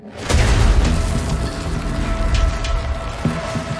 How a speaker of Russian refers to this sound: С громким треском мелкая каменная шрапнель полетела во все стороны. Разогнанные до немыслимой скорости напитанные энергией осколки разрывали одежду, а за ней плоть.